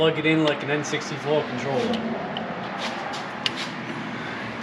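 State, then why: Seated. Someone talks while the clutch hydraulic line of a 1994 Ford F150 is pushed into the clutch master cylinder's quick-connect fitting. A single sharp click comes at 3.4 seconds, and the line is seated.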